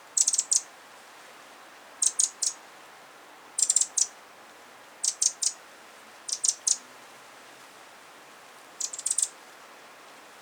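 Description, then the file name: Eurasian wren giving clusters of two to four very high, sharp ticking calls, repeated at short, irregular intervals against a faint hiss. "Troglodytes troglodytes"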